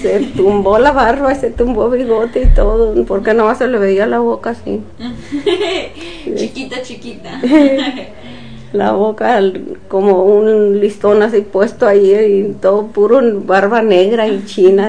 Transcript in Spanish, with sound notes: Se tumbó la barba, se tumbó bigote y todo, porque nomás se le veía la boca así. (risas)
Chiquita, chiquita. (risas)
La boca como un listón así puesto ahí, ahí todo, puro barba negra y china.